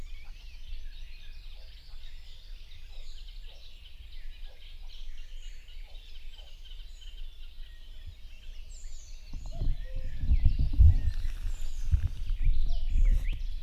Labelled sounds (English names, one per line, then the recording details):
Common Cuckoo
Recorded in the wild
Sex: male
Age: adult
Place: Parsteinwerder, Parsteiner See, Brandenburg, DE
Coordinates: 52.9578, 13.9717
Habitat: wood
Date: 2007-06-06
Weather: bedeckt, ca. 15°C, windstill
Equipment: Sound Devices 702, Sennheiser MKH 416 T, Windkorb
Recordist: Frommolt, Karl-Heinz